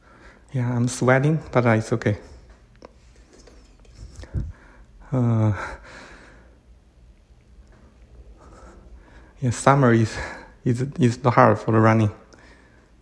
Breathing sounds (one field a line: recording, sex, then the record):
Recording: free speech after running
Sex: male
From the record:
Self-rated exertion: moderate exertion (3 of 6)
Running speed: 9 miles an hour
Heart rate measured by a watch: 104 beats a minute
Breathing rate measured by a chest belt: 20 breaths a minute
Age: 37 years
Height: 174 cm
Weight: 76 kg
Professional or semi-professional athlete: no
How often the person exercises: over 5 times a week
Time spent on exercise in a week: over 5 hours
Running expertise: yes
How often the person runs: 3 to 5 times a week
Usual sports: running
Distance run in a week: 70 km